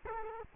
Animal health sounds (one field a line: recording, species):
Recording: mosquito wingbeat signal from an infrared sensor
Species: Culex quinquefasciatus